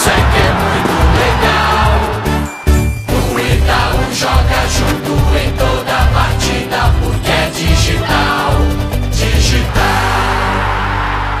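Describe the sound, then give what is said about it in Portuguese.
A football crowd cheers loudly and continuously, a dense roar with rhythmic pulses like chanting, holding steady for the whole stretch before settling into an even, sustained din at the end. “A torcida soltando.”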